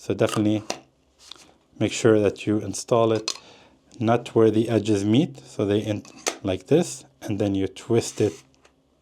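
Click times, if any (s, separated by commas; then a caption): none. A stacked magnetic glass filter in its metal frame, made by Nisi and sold as JetMag Pro, is twisted against the filter adapter on a camera lens so the two lock together, while someone talks throughout. Brief handling sounds are heard around 1.3 s and 8.7 s, but nothing has seated or locked yet when the clip ends.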